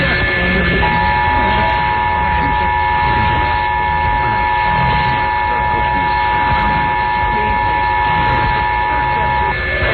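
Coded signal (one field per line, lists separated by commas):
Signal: Emergency Alert System (SAME) tones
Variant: 853 and 960 Hz attention tone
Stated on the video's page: EAS required monthly test tones recorded from several FM broadcast stations in the Minneapolis-St. Paul area simultaneously, plus television.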